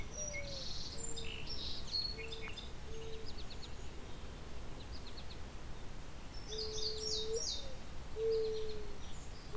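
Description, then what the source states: Mourning Dove song: soft, low tonal coos repeated in short phrases, with thin high chirps from other birds at times. Two Mourning Doves singing back and forth, resuming as the recordist left; this is the one on the left; possibly a male-female duet.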